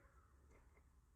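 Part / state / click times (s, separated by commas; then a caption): cocking lever latching in a needle-free air injector pen / not seated / none. A needle-free air-injection hyaluronic pen has its cocking lever handled, pulled or pushed toward its latched position. Only low, steady rumble and faint handling noise are heard, with no distinct click. The clip ends before the lever latches, so nothing has seated or clicked yet.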